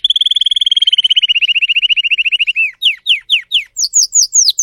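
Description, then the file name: Canary (Spanish Timbrado): canary song: a fast, even trill that slowly drops in pitch, then a series of loud, slurred descending whistles. Song of a Spanish Timbrado canary, called 'canário belga' in the Portuguese source. "canto do canario belga timbrado espanhol"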